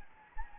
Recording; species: mosquito wingbeat signal from an infrared sensor; Anopheles gambiae